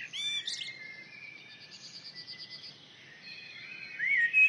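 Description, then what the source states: Common blackbird song: a high rising whistle and a thin sustained strand, then a squeaky twittering flourish at the end, fairly faint. UK.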